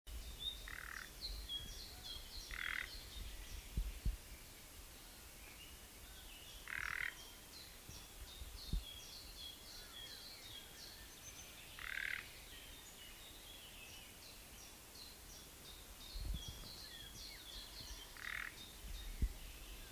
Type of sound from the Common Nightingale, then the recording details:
alarm call. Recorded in the wild. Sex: male. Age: adult. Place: Schönow, Naturpark Barnim, Brandenburg, DE. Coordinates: 52.6781, 13.5097. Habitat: reed. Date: 2005-06-05. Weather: cloudy, 10°C. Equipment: Marantz PMD 660, Sennheiser MKH 70. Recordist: Frommolt, Karl-Heinz